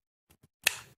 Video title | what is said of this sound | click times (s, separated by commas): Neck Knife Review of COLD STEEL Mini Tac Bowie - 49HCF | the inside that makes a click there | 0.7 s